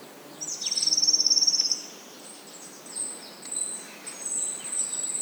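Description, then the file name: Marsh tit: a bright high trill lasting about a second, followed by faint thin high notes against a light hiss. "Poecile palustris"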